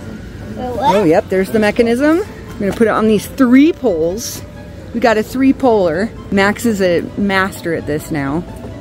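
Someone talks while a metal support pole section is being pushed into the next pole section of an animatronic's three-pole stand, where a spring button is meant to pop through. Nothing has seated or clicked yet.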